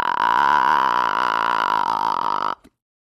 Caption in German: Gehst du ganz nach unten, bis du nicht mehr tiefer kommst, hörst du schließlich eine Art Knacken oder Knarren. Das sind aneinandergereihte Glottisschläge, jeder von ihnen ein einzelner Verschluss deiner Stimmbänder. Der Vocal Fry.